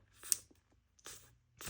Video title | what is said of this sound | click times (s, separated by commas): I Bought The CHEAPEST EDC Items Amazon Has ! Trash Or Treasure ?!? | Um, it barely locks into place. | 0.3 s